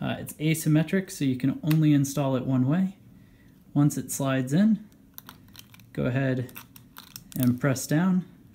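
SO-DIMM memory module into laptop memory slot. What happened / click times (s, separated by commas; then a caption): Memory module handled in its slot, not yet pressed home / none. Someone talks while handling a SO-DIMM memory module at the memory slot of a Dell Latitude 7000 Series laptop during a RAM upgrade, with a cluster of faint, short handling taps between about 5.2 and 5.8 seconds. The module has not yet seated or clicked into place by the end of the clip.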